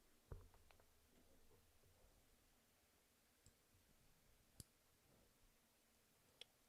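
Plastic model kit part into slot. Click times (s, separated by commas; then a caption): 4.6 s, 6.4 s. A plastic model kit part slides into its slot and snaps home, seated, with sharp clicks at 4.6 s and 6.4 s. Fainter clicks come earlier, around 0.3 s and 0.7 s, over a quiet background.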